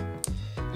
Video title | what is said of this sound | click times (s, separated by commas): 進化した次世代ベイブレードを発売前に入手したがスピードがヤバいwwwwwww | カチって言ったこれでいいのかなあこれでロックされましたね | 0.2 s